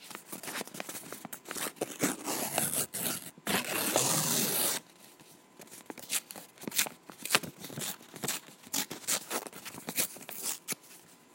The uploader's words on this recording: Ambient ASMR - Ripping Paper. Paper ripping and tearing.